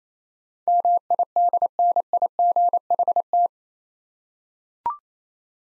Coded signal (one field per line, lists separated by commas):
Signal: Morse code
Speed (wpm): 28 wpm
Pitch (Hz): 700 Hz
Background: none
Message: MIDNIGHT